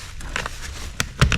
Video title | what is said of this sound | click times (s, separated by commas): French Drain Installation – Before & After Results That Speak for Themselves! | Do you hear that? So, now we know fairly confident that it's snapped in and locked in. | 1.0 s